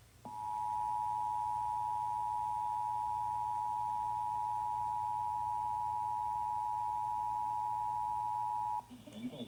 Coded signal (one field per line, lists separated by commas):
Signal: Emergency Alert System (SAME) tones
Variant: 853 and 960 Hz attention tone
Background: speech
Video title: July 12th Alaska EAS Alert Test [REAL /srs]